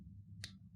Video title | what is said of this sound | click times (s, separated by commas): 3 hours of insanely thorough LISA ELDRIDGE makeup reviews | clicks shut for a liquid product I think that that's a fantastic feature | 0.4 s